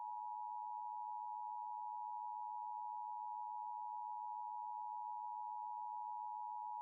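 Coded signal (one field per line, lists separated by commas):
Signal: Emergency Alert System (SAME) tones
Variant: 853 and 960 Hz attention tone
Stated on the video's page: Simulated EAS scenario, fictional.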